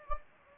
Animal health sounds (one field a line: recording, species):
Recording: mosquito wingbeat signal from an infrared sensor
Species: Anopheles gambiae